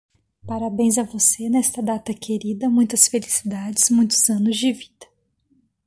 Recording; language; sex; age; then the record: short text; Brazilian Portuguese; female; 30 to 39 years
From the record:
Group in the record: control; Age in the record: 36 years